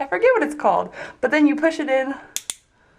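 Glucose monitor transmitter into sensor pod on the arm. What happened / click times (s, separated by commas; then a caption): The small plastic part snapped into its housing / 2.5 s. A Dexcom G4 continuous glucose monitor transmitter is pushed into the plastic sensor pod on the upper arm using the applicator's push tab, while someone talks. A sharp click at 2.5 seconds marks the transmitter seating in the pod.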